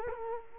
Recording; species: mosquito wingbeat signal from an infrared sensor; Culex quinquefasciatus